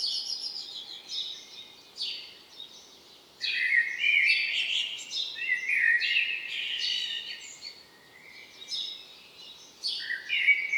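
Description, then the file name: Common blackbird giving high, scratchy twittering phrases, softer at first, then several louder phrases with quieter stretches between. "Turdus merula"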